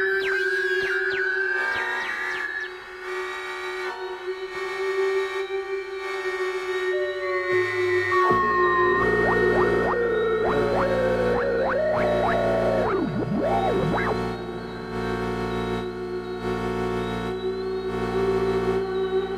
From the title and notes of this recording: Sea creature - sounds made from shortwave noise, synths, and field recordings.